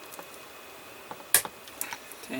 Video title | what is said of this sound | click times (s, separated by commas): Agora Models Build the T-800 Terminator Pack 3 - 10 Stages Complete (21-30) | it just snaps right in just like that now | 1.3 s